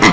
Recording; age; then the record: pig call; piglet (1 to 25 days)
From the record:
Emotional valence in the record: positive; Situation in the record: reunion after long isolation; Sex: male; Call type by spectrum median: low-frequency call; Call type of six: low-frequency tonal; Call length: 0.13 s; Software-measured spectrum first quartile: 497 Hz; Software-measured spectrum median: 1235 Hz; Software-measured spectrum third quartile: 2548 Hz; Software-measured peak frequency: 303 Hz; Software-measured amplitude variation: 67 dB a second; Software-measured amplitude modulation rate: 3.8 a second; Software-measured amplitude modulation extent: 17.5 dB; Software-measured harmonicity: -1.6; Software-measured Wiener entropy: -1.14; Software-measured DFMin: 964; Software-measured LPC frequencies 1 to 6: 1086, 2028, 3230, 4081, 5507, 6720 Hz